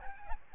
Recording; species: mosquito wingbeat signal from an infrared sensor; Aedes albopictus